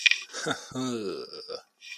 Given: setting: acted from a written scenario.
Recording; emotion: vocal sound without words; embarrassment